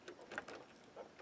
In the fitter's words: snaps right into place so